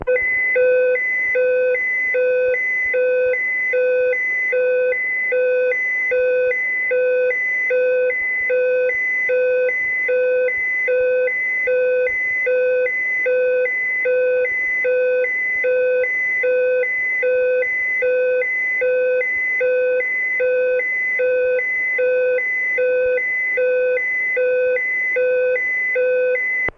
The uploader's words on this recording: International Space Station warning alarm. This sound was sent to us by the Columbus Control Centre near, München, Germany, the operations centre for ESA astronauts and the Columbus laboratory, part of the orbiting weightless research centre.